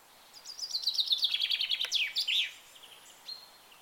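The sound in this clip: Bird giving a rapid run of high chirps, about a dozen notes that end in a few sliding notes, then near silence.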